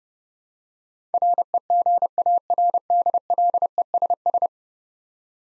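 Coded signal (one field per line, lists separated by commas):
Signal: Morse code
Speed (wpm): 28 wpm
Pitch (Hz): 700 Hz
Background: none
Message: REGARDLESS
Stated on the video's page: Morse practice at 30 wpm sending 10-letter words, each sent twice for head-copy training.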